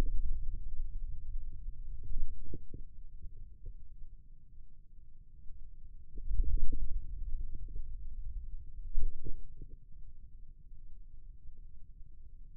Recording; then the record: forearm muscle sounds (acoustic myography)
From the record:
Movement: wrist extension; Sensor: system 2, bracelet of six BSWA MPA416 microphones around the upper forearm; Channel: 2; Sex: male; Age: 22 years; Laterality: right